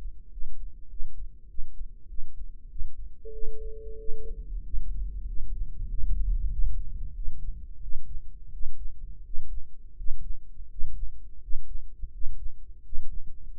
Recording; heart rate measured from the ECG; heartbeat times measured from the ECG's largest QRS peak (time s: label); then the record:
heart sounds by microphone in the right ear; 91 bpm
0.32 s: heartbeat
0.91 s: heartbeat
1.50 s: heartbeat
2.10 s: heartbeat
2.71 s: heartbeat
3.34 s: heartbeat
4.00 s: heartbeat
4.65 s: heartbeat
5.28 s: heartbeat
5.89 s: heartbeat
6.52 s: heartbeat
7.15 s: heartbeat
7.83 s: heartbeat
8.53 s: heartbeat
9.25 s: heartbeat
9.98 s: heartbeat
10.71 s: heartbeat
11.42 s: heartbeat
12.13 s: heartbeat
12.85 s: heartbeat
13.56 s: heartbeat
From the record:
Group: healthy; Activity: rest 0-4 s, breath hold 4-14 s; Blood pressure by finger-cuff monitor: 144/82 mmHg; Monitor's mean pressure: 100 mmHg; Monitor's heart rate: 96 bpm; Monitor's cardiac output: 7.8 L/min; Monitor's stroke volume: 79 mL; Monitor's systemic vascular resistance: 960 dyn s/cm5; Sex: male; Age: 21 years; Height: 175 cm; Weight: 72.6 kg